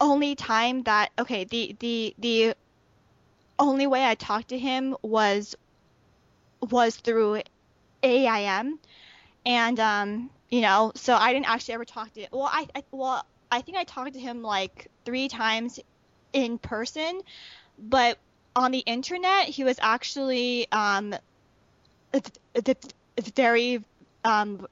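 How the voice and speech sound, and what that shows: A woman speaks with word repetitions, stretched sounds and long silent pauses: stuttered speech.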